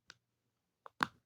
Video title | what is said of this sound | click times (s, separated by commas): Hyundai keyless fob battery change i10 | There we go. Hear a little click. | 1.0 s